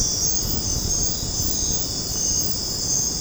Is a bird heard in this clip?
no